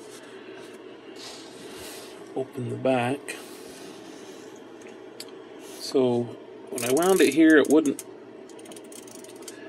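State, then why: Seated. Someone talks while rolling the film advance wheel of a Wirgen Exida 35mm camera with the back open. Quiet ratcheting ticks run near the end of the clip and finish in a sharper click at 9.5 s as the wheel seats into position.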